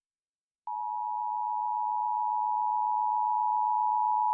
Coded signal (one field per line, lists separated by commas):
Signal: Emergency Alert System (SAME) tones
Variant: 853 and 960 Hz attention tone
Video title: San Diego Tested Almost at 2pm (EAS #22974-22991) 10/16/24